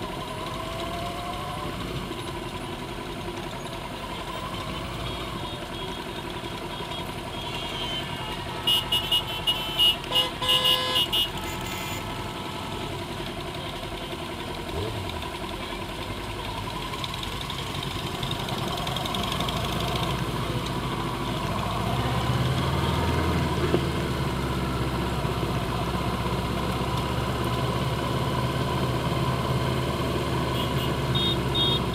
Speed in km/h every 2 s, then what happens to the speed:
6, 5, 5, 0, 0, 0, 0, 0, 8, 11, 15, 13, 13, 15, 15, 13.
0-5 steady at about 5. 5-15 standing. 15-20 pulls away to 15. 20-32 steady at about 13.